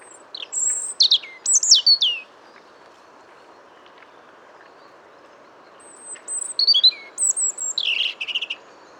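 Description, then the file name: European robin song: two separate phrases of thin, high, tumbling notes, with a pause of several seconds between them. "Erithacus rubecula"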